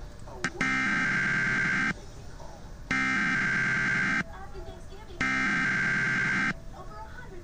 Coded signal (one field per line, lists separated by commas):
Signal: Emergency Alert System (SAME) tones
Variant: header bursts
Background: speech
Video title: Emergency Alert System (Tornado Warning)